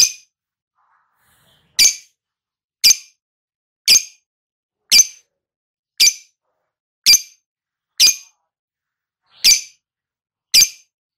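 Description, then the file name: Lovebird repeating short, piercing high chips roughly once per second, each note crisp and isolated in quiet. Lovebird recording of ngekek trilling, described as auto gacor. "suara burung lovebird ngekek auto gacor"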